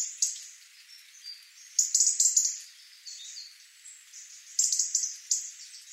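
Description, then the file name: European robin giving thin high-pitched calls and short twittering phrases in scattered bursts, with quiet pauses between. "Erithacus rubecula"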